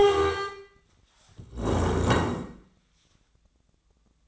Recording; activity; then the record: daily activity, microphone in the room; stand up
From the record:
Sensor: 3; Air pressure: 1012.2 hPa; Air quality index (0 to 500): 170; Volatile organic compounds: 2 ppm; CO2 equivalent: 1306 ppm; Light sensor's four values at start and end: 58/147/65/68 and 121/249/130/148